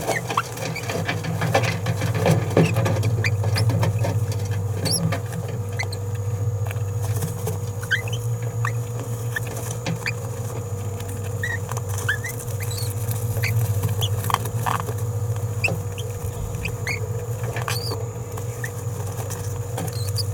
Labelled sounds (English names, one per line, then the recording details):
Green-rumped Parrotlet babbling
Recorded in a nest box in Venezuela
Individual 18B17A4